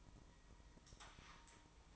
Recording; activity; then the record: daily activity, microphone in the room; light off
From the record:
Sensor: 1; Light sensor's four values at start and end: 14/37/15/16 and 11/26/11/12